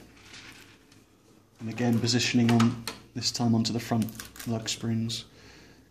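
The other end of a thermal transfer ribbon roll is being positioned onto the front spring-loaded lug holders of a TEC SA4 label printer while someone talks. Only faint handling noises are heard, and nothing has seated or clicked yet.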